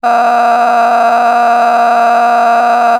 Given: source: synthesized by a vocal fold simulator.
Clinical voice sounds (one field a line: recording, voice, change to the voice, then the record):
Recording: sustained vowel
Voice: female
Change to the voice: a random mix of aspiration noise, stiffness perturbation and strain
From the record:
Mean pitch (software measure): 236 Hz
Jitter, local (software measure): 2.52%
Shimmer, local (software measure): 13.6%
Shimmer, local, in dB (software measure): 1.26 dB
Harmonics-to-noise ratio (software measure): 11.7 dB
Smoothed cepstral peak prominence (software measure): 12.6 dB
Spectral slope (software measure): -18.2 dB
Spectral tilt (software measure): -10.3 dB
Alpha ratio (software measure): -8.6 dB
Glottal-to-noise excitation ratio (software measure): 0.935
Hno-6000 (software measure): 1.9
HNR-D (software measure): 29.6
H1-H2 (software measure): -5.8 dB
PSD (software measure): 1.2e-04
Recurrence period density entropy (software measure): 0.117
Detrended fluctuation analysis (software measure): 0.0126